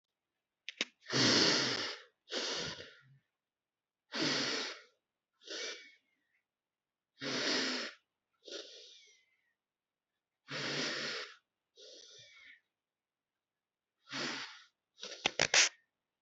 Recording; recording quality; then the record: deep breathing; excellent, no background noise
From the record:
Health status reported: healthy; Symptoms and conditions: cough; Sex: male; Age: 18 years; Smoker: not ticked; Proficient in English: yes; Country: India